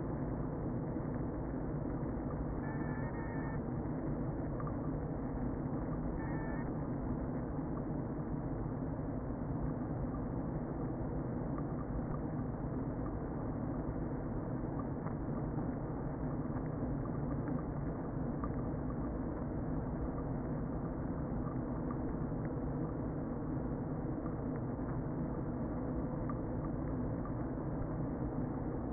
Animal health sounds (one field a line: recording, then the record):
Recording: honeybee colony, microphone inside the hive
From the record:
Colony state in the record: queen present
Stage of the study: before two queens were removed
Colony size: about 60,000 bees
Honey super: yes